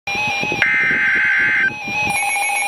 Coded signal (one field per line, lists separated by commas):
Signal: Emergency Alert System (SAME) tones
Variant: header bursts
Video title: Severe Thunderstorm Warning #4 - 09/19/13 (EAS #544)